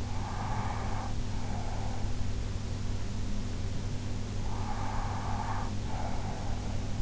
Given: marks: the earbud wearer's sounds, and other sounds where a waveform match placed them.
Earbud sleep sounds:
sounds in sleep by an in-ear microphone; breath
0.00-2.24 s: breath
4.28-6.80 s: breath

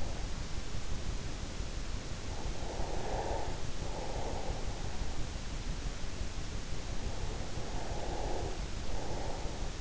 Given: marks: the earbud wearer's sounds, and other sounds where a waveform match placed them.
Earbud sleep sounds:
sounds in sleep by an in-ear microphone; breath
2.64-4.91 s: breath
7.82-9.81 s: breath

